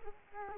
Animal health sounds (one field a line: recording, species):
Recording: mosquito wingbeat signal from an infrared sensor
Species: Culex quinquefasciatus